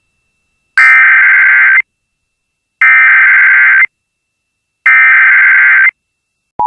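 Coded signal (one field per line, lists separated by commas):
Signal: Emergency Alert System (SAME) tones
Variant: header bursts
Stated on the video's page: Tornado warning alert relayed on an FM broadcast station.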